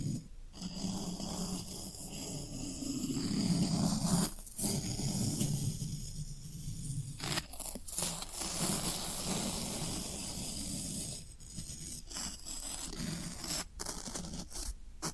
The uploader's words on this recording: ASMR Satisfying Tingle Stimulating Floral Foam Sounds for Sleep (No Talking).